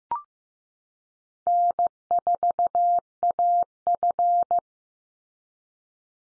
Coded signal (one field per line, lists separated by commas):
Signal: Morse code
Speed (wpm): 15 wpm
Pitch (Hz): 700 Hz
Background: none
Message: N4AF